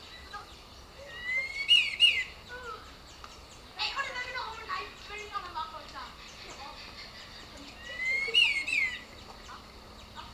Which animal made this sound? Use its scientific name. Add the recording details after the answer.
Trochalopteron milnei. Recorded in captivity. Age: adult. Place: Zoo Berlin, Berlin, DE. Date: 1997-08-19 12:35. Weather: fair, 26-28°C. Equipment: Marantz CP 130, Mikro CE, Kopie Uher 4000 Report Monitor. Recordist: Tembrock, Günter